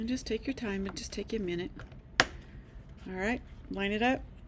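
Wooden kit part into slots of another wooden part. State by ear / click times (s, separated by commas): not seated / none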